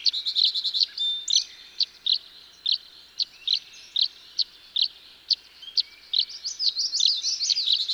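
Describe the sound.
Tree swallow chirping steadily, clear high twittering notes in a loose series, with a burst of rapid gurgling twitter at the start and close.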